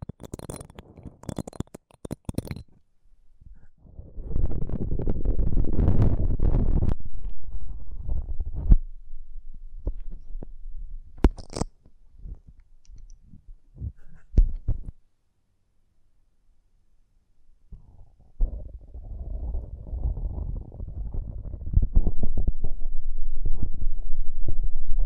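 ASMR triggers: a quick run of sharp crackles and clicks opens, then a low, muffled rubbing rumble swells from about four to nine seconds. Scattered soft taps follow, a brief hush near fifteen seconds, and steady dull scratching rumble carries to the end.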